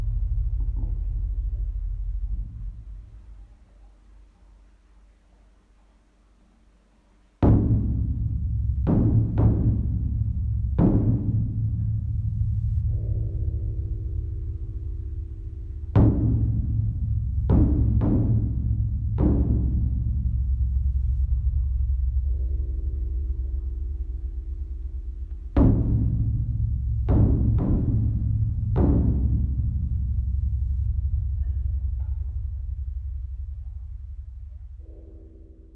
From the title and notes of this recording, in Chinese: 梓路寺冬季暮鼓。本期声音最初于2019年初在黄山梓路寺采样。